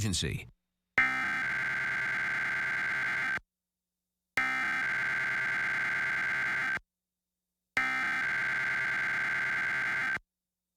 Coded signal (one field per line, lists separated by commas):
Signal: Emergency Alert System (SAME) tones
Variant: header bursts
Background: speech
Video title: WTAJ-TV Weekly Test (6/5/21)(EAS 727)